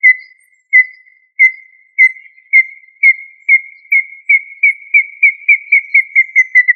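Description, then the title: Tinamou whistled call: a series of pure, even whistles that start spaced and speed up into a quick run, pitch rising slightly then dipping at the end. "Familia Tinamidae - Quail - Puyuh"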